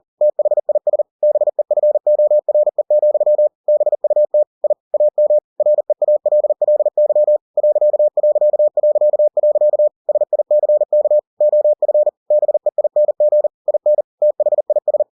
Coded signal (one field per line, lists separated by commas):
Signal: Morse code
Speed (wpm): 40 wpm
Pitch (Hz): 600 Hz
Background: none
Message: THIS BEFORE, BUT I AM REALLY .... SICK OF BEING IN THIS